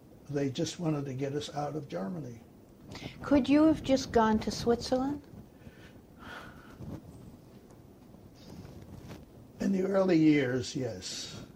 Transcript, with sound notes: they just wanted to get us out of Germany.
Could you've just gone to Switzerland?
(sighs) In the early years, yes.